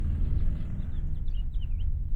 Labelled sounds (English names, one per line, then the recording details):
House Finch song
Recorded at North Valley Stream on Long Island, New York, on 11 June 1975
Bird A